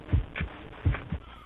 There's also the sound of a heartbeat.